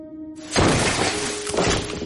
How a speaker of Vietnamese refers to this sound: Đột nhiên ầm một tiếng, xà ngang trên trần nhà rơi xuống.